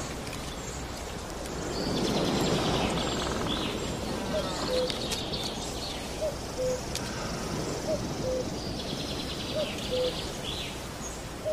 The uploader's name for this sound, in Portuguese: Sons da Natureza